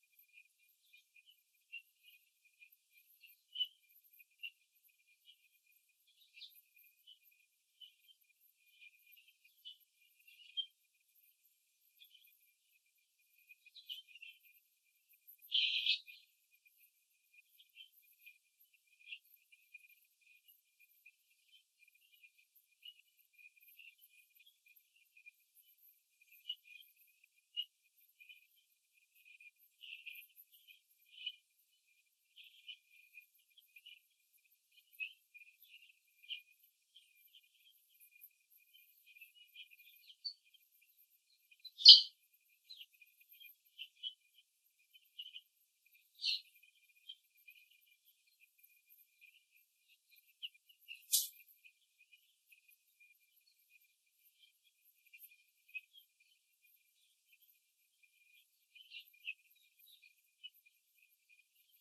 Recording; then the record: young laying hens in a cage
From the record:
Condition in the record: before the stressor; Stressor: simulated dog barking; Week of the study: 2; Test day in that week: 3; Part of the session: 1